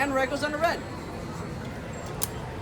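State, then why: Seated. Someone talks while a colour-coded activation plate is pressed into the chassis of a toy lightsaber being built, with blue matched to blue and red to red. A single short, sharp click at 2.2 s marks the plate snapping into place and seating in the chassis. The chassis makes none of its usual sparking sound effect at the moment.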